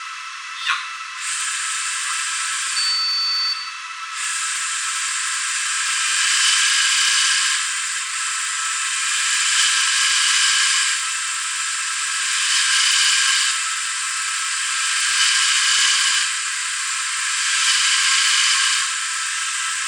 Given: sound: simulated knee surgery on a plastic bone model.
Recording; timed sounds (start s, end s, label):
surgical tools on bone
6.08	7.51	drilling into bone
9.29	10.90	drilling into bone
12.39	13.48	drilling into bone
14.95	16.24	drilling into bone
17.54	18.81	drilling into bone